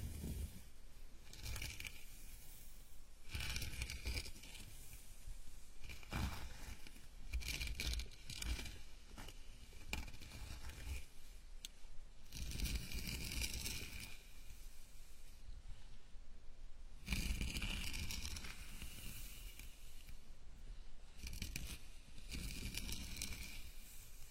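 A gentle scalp massage made of soft, dense rubbing and rustling that swells in repeated bursts every few seconds, with brighter scratchy strokes around 3, 7, 12, 16 and 17 seconds. Between strokes a quieter hiss continues, and the level stays fairly even throughout.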